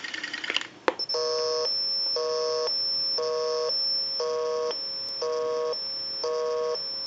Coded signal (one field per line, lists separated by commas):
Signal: telephone call progress tone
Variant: North America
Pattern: busy tone